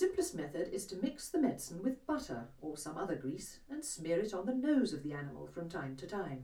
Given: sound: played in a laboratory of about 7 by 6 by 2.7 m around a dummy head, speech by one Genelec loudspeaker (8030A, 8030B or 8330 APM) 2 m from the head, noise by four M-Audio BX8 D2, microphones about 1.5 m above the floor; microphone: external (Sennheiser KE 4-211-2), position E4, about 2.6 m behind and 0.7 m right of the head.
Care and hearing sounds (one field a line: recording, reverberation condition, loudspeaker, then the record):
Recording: female speech in English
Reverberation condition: low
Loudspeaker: 60 degrees to the left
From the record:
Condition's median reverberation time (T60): about 310 ms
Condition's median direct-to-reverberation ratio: about 3.5 dB